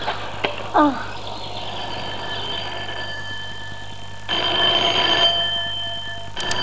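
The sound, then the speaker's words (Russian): A telephone rings one evening in an office of a zoological institute, once in a sustained, bright, buzzing burst lasting over a second. Before it comes a short rising chirp, and a steady low hum runs underneath throughout. “Вечером в кабинете зоологического института затрещал телефон.”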